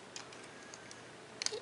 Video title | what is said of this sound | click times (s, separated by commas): Review FR - Soul of Chogokin - GX-54 Tobikage et Kurojishi | la qui va venir se clipser à l'intérieur pour bien verrouillé comme | 1.4 s, 1.5 s